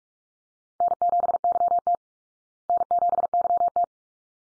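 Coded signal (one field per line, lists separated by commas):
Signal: Morse code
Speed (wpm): 44 wpm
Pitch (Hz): 700 Hz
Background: none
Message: N7YT N7YT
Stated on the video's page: Morse head-copy drill of call signs at 45 wpm, each sent twice, then spoken, then sent again.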